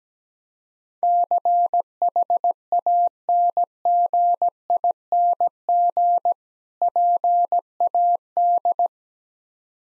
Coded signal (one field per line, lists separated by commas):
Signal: Morse code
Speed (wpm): 17 wpm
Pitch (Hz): 700 Hz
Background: none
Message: CHANGING PAD